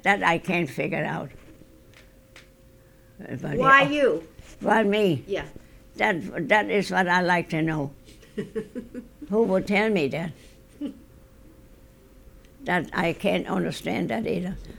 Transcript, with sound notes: That I can't figure out.
Why you?
Why me? That is what I'd like to know. ( they laugh ) Who will tell me that? That, I can't understand that either.